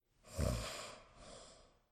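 One low, rattling snort on the in-breath, then a softer breathy out-breath: a single snore.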